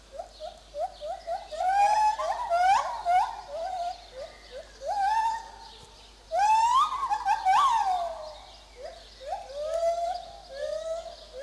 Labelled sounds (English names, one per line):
Lar Gibbon